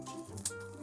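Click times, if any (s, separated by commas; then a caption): 0.4 s, 0.5 s. A plastic panel tab on a Transformers figure is brought up and pushed into a slot in the figure's body during transformation. A quick double click sounds at 0.4 s and 0.5 s over steady background music, and the tab locks into place.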